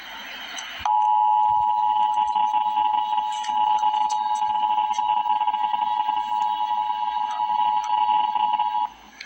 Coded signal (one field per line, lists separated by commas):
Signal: Emergency Alert System (SAME) tones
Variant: 853 and 960 Hz attention tone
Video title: Emergency Alert System - Heat Advisory - Jun 21, 2025 at 2:23 AM EDT